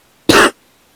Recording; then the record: coughing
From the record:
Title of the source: 60 coughing still (deep and wet cough)